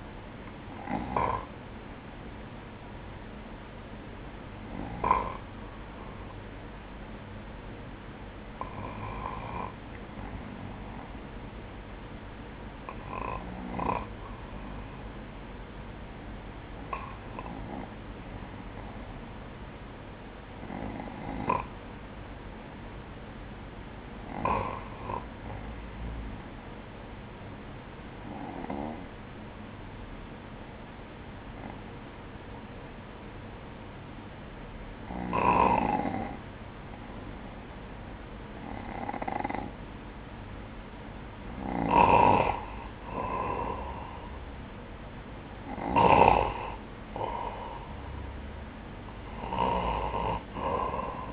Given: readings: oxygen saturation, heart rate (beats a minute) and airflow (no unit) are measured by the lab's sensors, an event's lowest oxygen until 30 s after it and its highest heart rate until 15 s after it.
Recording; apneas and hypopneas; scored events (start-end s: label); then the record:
breathing in sleep by a voice recorder at the bedside; 1
3.00-43.10 s: hypopnea (N1, oxygen 97% highest, then 94% lowest, heart rate 54 at the start, 59 highest)
36.00-51.33 s: new sleep stage, N2 (light sleep)
From the record:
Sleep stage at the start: N1 (lightest sleep); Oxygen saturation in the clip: 94 to 97%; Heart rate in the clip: 52 to 67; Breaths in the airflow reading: 12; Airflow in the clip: -9.1 to 5.4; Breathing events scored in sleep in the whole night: 180 in 6.7 hours asleep